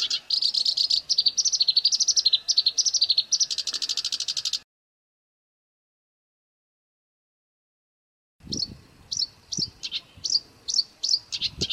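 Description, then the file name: Black-browed reed warbler song, dense grating chatter for about four and a half seconds, a gap of silence, then a series of separate sharp chipping notes. "suara kerakbasi alis hitam masteran"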